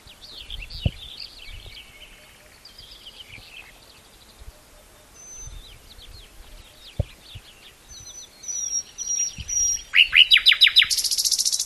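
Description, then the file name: Common nightingale song: varied whistles and chirps, pure high notes, then a loud burst of rapid repeated clicking phrases at the end. "Luscinia megarhynchos"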